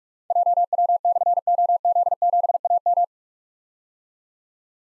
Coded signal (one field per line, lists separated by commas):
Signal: Morse code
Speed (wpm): 44 wpm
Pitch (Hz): 700 Hz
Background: none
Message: JW/OZ7AM